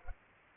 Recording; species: mosquito wingbeat signal from an infrared sensor; Culex pipiens